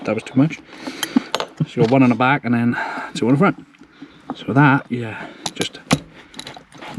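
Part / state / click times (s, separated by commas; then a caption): shifter rebuild part going into the car's gear shifter assembly / seated / 5.9 s. A shifter rebuild part is lined up, one on the back and two on the front, and pressed into a Honda S2000 AP1's gear shifter assembly while someone talks. A sharp metallic click at 5.9 s shows it has seated, followed by a few faint small knocks.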